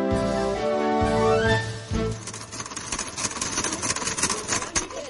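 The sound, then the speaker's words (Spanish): A coin sorting machine whirs with a steady humming motor tone, then breaks into a dense, continuous rattle and clatter of coins tumbling through it for several seconds. “este separador de monedas funciona excelentemente.”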